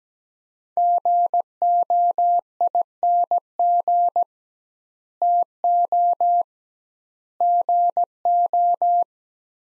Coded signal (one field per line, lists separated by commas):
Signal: Morse code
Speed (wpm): 17 wpm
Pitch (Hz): 700 Hz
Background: none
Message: GOING TO GO